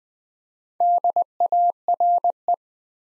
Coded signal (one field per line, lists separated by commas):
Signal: Morse code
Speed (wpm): 20 wpm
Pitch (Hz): 700 Hz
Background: none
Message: DARE